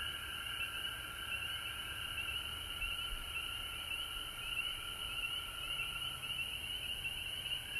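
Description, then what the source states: A frog chorus with a bright, pulsing upper trill and a steadier lower drone, both unbroken over a constant background hiss. Recorded at home in Georgia on March 19, 2020.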